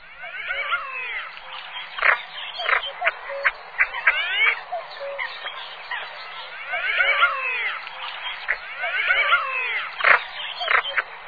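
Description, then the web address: Common pochards calling together, with a dense overlap of wheezy, nasal sweeping notes and sharp clipped calls continuing without pause. "chants et cris fuligulemilouin"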